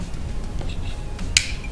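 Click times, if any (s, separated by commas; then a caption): 1.4 s. A plastic clip-on part is pressed onto the motor/ESC assembly of a Hangar 9 Carbon Cub 15cc RC airplane to get its second side in. Over a low background rumble, a single sharp snap sounds at 1.4 s. The second side of the clip snaps home and the part is seated.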